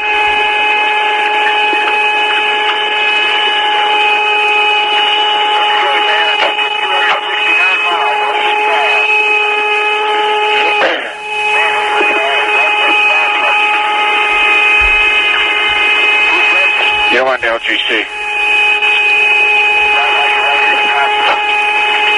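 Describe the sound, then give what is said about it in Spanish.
An eerie radio whistle recorded on the far side of the Moon, heard for about an hour: steady, high-pitched tones stacked in layers, droning continuously over a hiss of static, with brief warbling flutters and dropouts now and then. “Pues ese ruido es el pitido que se escuchaba en la cara oculta de la Luna y que se grabó.”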